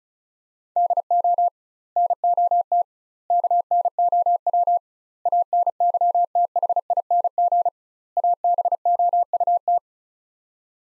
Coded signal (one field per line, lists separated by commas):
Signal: Morse code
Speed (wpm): 36 wpm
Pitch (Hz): 700 Hz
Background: none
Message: DO NOT KNOW ANYTHING ABOUT